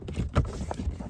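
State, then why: Not seated. A new blower resistor, already plugged into its harness, is lined up and pushed toward its plastic bracket in the HVAC heater housing behind the glove box of an E34. Low rumbling handling noise and soft thumps are heard, with one brief sharp tick near 0.7 s. Nothing has seated or clicked yet.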